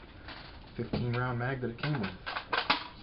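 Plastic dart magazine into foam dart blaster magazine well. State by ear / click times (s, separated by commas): seated / 2.5 s, 2.7 s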